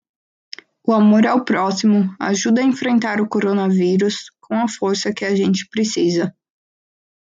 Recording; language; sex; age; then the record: spoken sentence; Brazilian Portuguese; female; 20 to 29 years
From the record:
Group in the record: control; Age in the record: 25 years